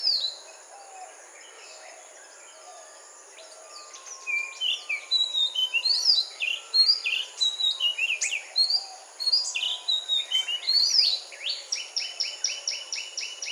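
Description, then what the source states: Magpie-robin song: after a quiet start, a rich stream of varied sweet whistles and warbles, ending with a fast repeated series of clipped notes. Sung in a morning chorus.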